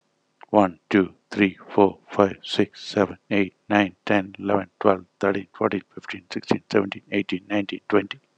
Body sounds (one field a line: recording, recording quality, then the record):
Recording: counting at a fast pace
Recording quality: excellent, no background noise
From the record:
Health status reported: healthy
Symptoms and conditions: hypertension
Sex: male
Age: 49 years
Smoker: not ticked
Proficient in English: yes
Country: India